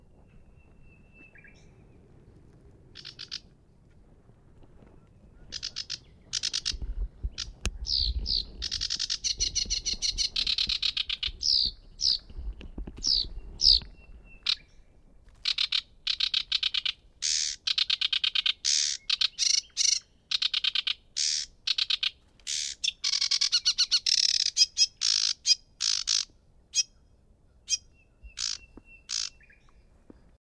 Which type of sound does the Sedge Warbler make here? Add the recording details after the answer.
song. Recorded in the wild. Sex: male. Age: adult. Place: Schwedt/Oder, Nationalpark Unteres Odertal, Brandenburg, DE. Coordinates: 53.1126, 14.3726. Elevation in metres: 1. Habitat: bush. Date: 2015-04-23 03:57. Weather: clear, 3°C, almost windless. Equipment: Sound Devices 702, Sennheiser MKH 70, Rycote Windschutz. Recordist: Frommolt, Karl-Heinz. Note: Polder 10, Weg zum Brönker Wehr: Gesang eines Schilfrohrsängers